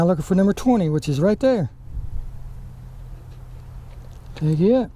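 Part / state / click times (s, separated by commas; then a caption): fuse into under-hood fuse box slot / not seated / none. A fuse is being handled at slot number 20 of the under-hood fuse box of a fifth-generation Camaro, but nothing has seated or clicked yet. Someone talks at the start and again near the end. A low steady hum runs underneath a quiet middle stretch.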